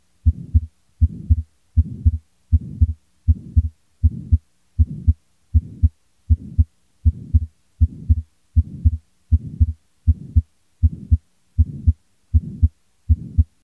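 Steady, regular adult heartbeat at about 79 beats a minute, with a low murmur filling the gap after the first sound of each beat. This is a pulmonary ejection systolic murmur with transient, physiological splitting of the second heart sound, heard with the patient supine using the stethoscope diaphragm.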